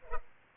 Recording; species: mosquito wingbeat signal from an infrared sensor; Culex pipiens